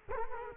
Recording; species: mosquito wingbeat signal from an infrared sensor; Culex quinquefasciatus